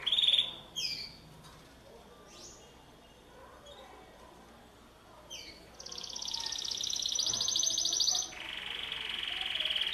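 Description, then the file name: Canary phrases: a few short scattered chirps and slurred notes with gaps, then a steady high trill dropping into a lower rolling one. "Canary Voice"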